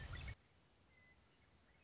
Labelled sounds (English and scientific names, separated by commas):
Western Meadowlark (Sturnella neglecta)